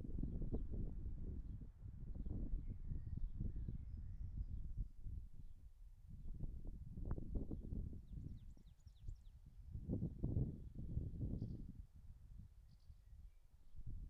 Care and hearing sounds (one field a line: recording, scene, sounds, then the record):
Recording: everyday scene through a hearing-aid microphone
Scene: wind on the microphone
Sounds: wind, birds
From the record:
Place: in front of a rural house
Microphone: behind the ear, right, front